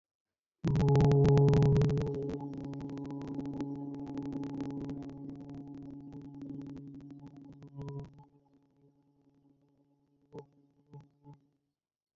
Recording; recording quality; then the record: sustained vowel as in boot; moderate, slight background noise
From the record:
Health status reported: respiratory illness, not identified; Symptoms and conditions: asthma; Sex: male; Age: 27 years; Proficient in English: yes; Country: India